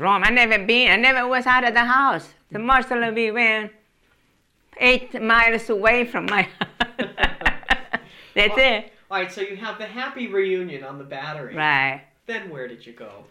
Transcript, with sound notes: I never been, I never was out of the house. The most we went, eight miles away from my house. ( they laugh ) That's it.
All right. So you have the happy reunion on the Battery.
Right.
Then where did you go?